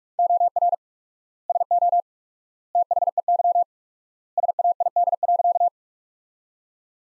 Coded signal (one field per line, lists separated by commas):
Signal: Morse code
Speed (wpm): 46 wpm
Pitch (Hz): 700 Hz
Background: none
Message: OR SO THEY SAID.